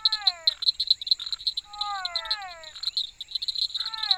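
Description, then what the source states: Frogs giving overlapping, sliding croaks in a few quick runs, while insects pulse rapidly and a thin steady whine runs throughout. Frogs together with insects.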